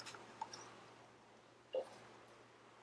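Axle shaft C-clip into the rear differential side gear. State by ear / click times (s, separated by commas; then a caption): not seated / none. An axle shaft C-clip is being started onto the end of the axle shaft inside the Chrysler 8.25 rear differential side gear of a Jeep XJ during a Spartan Lunchbox Locker install, before the shaft is pulled out to lock it in place. Only small metal handling ticks are heard, near 0.0, 0.4, 0.5 and 1.8 seconds, over a steady low hum. Nothing has clicked or locked yet.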